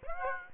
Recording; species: mosquito wingbeat signal from an infrared sensor; Aedes aegypti